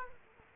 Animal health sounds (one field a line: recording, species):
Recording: mosquito wingbeat signal from an infrared sensor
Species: Culex quinquefasciatus